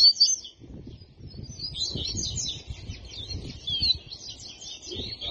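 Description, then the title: Double-collared seedeater singing a fast, continuous stream of high chirped and slurred notes. Soft low thumps and rumbling sit underneath. Song style called "tui tui"; bird described as "fibra". "COLEIRO DE GOLA TUI TUI FIBRA"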